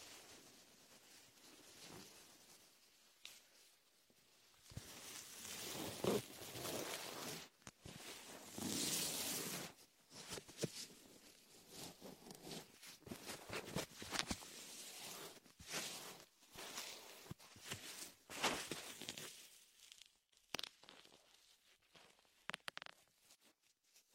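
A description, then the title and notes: Latex gloves rub and squelch through shaving foam in an ear massage, a dense run of wet crackles, squeaks and soft rustles. The rubbing comes in uneven bursts, swelling loudest around eight to ten seconds, with brief near-silent gaps between strokes and quieter, sparser touches toward the end. Latex ear massage with shaving foam for comfort.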